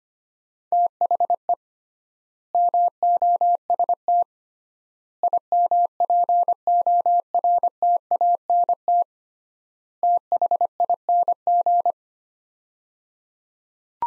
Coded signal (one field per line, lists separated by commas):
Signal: Morse code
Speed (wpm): 25 wpm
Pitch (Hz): 700 Hz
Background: none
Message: THE MOST IMPORTANT THING